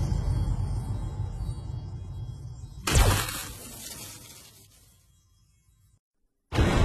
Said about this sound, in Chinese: 接下来主神空间内不出意外的乱成了一团，起火声、砸门声、防火警报启动声